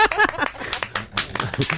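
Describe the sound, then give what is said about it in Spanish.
A scattered round of hand clapping at a 15M movement assembly, with irregular sharp claps from several people overlapping at a moderate level and some voices mixed in underneath. “Aplausos asamblearios.”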